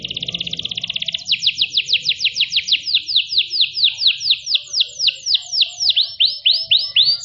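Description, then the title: Canary song: a fast buzzy trill followed by a long series of descending whistled sweeps, about four per second. Kenari mewah in cengkok style, a long-duration song with a special pleasing style. "Cengkok Kenari Mewah. Kenari mewah durasi panjang. Cengkok enak gaya istimewa"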